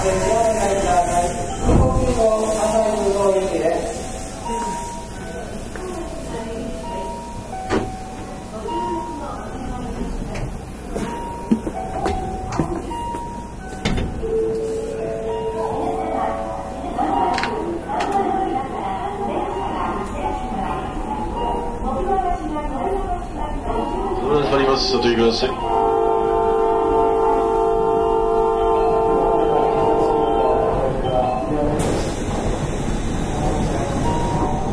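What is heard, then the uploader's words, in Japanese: Recorded inside an electric train underway: a steady low rumble of wheels on track, with motor whine gliding through changing pitches. Occasional clacks and thumps punctuate the run, and from around 25 seconds a layered rising whine marks the train picking up speed. 南海電気鉄道 8300系電車の走行音です。南海戦の空港急行にて収録しました。区間は、難波からりんくうタウンまでです。南海8300系 空港急行 難波からりんくうタウンまで。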